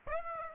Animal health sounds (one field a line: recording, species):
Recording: mosquito wingbeat signal from an infrared sensor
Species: Aedes aegypti